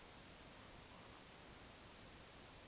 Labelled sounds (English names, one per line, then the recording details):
Eurasian Woodcock whistle
Eurasian Woodcock croak
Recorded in Baden-Württemberg, Germany, on 20 May 2021 at 19:55 UTC
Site 24606, 635 m above sea level